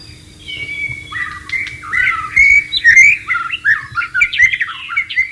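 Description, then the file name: White-rumped shama song, a varied run of whistles, chirps and warbled notes, growing louder and busier. Wild bird, recorded in its natural setting. "suara burung murai batu di alam liar"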